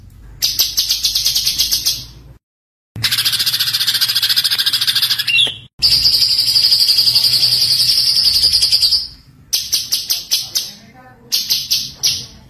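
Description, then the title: White-eye delivering long, shrill buzzy trills, then shorter chattering runs of sharp notes, with brief silent breaks. Gacor (continuous-singing) white-eye with full tembakan (rapid-fire) song, used as a masteran (tutor). "Masteran Burung Pleci Gacor Full Tembakan"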